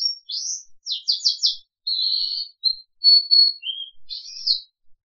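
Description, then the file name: Crested canary song, rapid down-slurred chirp series, then buzzy trills, a clear steady whistle and a final chirpy flourish. "audio kenari jambul"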